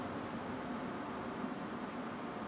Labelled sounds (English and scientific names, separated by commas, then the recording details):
Song Thrush (Turdus philomelos)
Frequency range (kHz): Song Thrush (Turdus philomelos) 6.9-8.0 kHz
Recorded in France